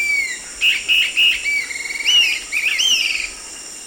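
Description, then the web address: Dusky-capped flycatcher singing a quick run of short whistled notes, a brief rolling trill, then rising and falling slurred whistles, against constant high insect hum. Recorded in the eastern lowlands of South America. "Natures Songs S America Eastern Lowlands. Dusky-capped Flycatcher"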